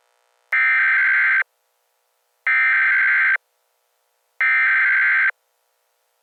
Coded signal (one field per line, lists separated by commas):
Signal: Emergency Alert System (SAME) tones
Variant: header bursts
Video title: EAS/SAIP France 2 avec pub